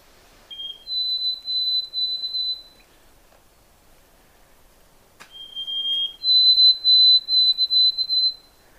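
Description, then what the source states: White-throated Sparrow song: pure whistled notes, a lower first note stepping up to a long series of repeated higher whistles, sung twice with a quiet gap between. Wild bird heard while hiking a new trail section near Hovland; clear whistled song rendered as 'Oh sweet Canada, Canada, Canada' or 'Old Sam Peabody, Peabody, Peabody'.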